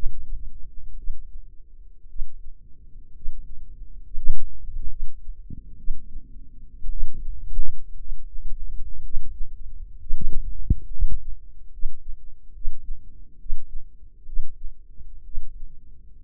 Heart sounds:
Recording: heart sounds by microphone in the left ear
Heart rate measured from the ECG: 63 bpm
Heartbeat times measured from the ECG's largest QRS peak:
0.95 s: heartbeat
2.07 s: heartbeat
3.13 s: heartbeat
4.02 s: heartbeat
4.88 s: heartbeat
5.76 s: heartbeat
6.89 s: heartbeat
7.97 s: heartbeat
9.01 s: heartbeat
9.98 s: heartbeat
10.89 s: heartbeat
11.70 s: heartbeat
12.52 s: heartbeat
13.37 s: heartbeat
14.24 s: heartbeat
15.23 s: heartbeat
From the record:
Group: healthy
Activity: rest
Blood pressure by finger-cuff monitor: 92/58 mmHg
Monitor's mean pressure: 68 mmHg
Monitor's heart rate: 61 bpm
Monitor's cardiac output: 4.7 L/min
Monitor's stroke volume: 78 mL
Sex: female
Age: 36 years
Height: 163 cm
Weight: 88 kg

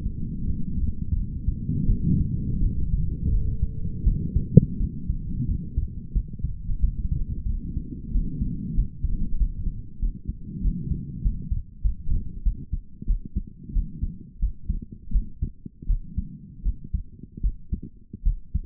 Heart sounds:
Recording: heart sounds by stethoscope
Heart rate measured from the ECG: 88 bpm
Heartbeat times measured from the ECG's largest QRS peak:
0.44 s: heartbeat
1.13 s: heartbeat
1.86 s: heartbeat
2.59 s: heartbeat
3.30 s: heartbeat
4.04 s: heartbeat
4.77 s: heartbeat
5.46 s: heartbeat
6.12 s: heartbeat
6.80 s: heartbeat
7.46 s: heartbeat
8.11 s: heartbeat
8.74 s: heartbeat
9.37 s: heartbeat
9.99 s: heartbeat
10.61 s: heartbeat
11.22 s: heartbeat
11.81 s: heartbeat
12.43 s: heartbeat
13.06 s: heartbeat
13.72 s: heartbeat
14.39 s: heartbeat
15.11 s: heartbeat
15.86 s: heartbeat
16.62 s: heartbeat
17.41 s: heartbeat
18.23 s: heartbeat
From the record:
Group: healthy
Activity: rest 0-2 s, cold pressor test 2-19 s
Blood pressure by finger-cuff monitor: 144/83 mmHg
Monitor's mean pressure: 103 mmHg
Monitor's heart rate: 88 bpm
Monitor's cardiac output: 7.6 L/min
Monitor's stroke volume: 82 mL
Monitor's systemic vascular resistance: 910 dyn s/cm5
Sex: female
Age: 22 years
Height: 154 cm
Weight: 58.7 kg

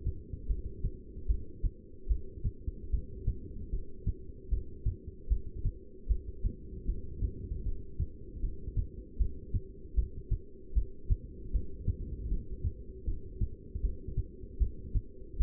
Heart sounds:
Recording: heart sounds by stethoscope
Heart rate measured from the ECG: 77 bpm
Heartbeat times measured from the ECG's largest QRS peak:
0.48 s: heartbeat
1.28 s: heartbeat
2.09 s: heartbeat
2.91 s: heartbeat
3.71 s: heartbeat
4.50 s: heartbeat
5.29 s: heartbeat
6.08 s: heartbeat
6.87 s: heartbeat
7.64 s: heartbeat
8.42 s: heartbeat
9.18 s: heartbeat
9.96 s: heartbeat
10.75 s: heartbeat
11.53 s: heartbeat
12.30 s: heartbeat
13.06 s: heartbeat
13.82 s: heartbeat
14.59 s: heartbeat
15.38 s: heartbeat
From the record:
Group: heart failure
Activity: rest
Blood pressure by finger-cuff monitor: 161/95 mmHg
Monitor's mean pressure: 119 mmHg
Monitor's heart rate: 77 bpm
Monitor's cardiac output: 8.4 L/min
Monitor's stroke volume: 110 mL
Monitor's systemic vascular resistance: 1060 dyn s/cm5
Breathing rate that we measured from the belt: 14 breaths a minute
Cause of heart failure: non-ischemic cardiomyopathy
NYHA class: 1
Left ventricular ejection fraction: 62%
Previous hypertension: present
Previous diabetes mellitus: present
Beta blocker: bisoprolol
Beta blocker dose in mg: 10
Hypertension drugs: sacubitril-valsartan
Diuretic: furosemide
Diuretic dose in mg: 20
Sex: male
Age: 49 years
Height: 167 cm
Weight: 110 kg

